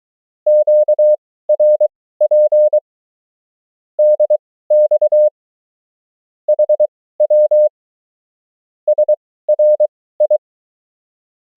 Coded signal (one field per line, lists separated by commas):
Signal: Morse code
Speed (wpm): 23 wpm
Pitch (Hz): 600 Hz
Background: none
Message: QRP DX HW SRI